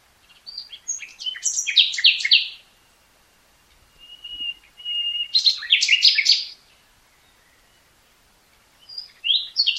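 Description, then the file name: Common nightingale song: dense bursts of rapid chirps and trills alternating with soft whistled notes and pauses of a few seconds. "Luscinia megarhynchos"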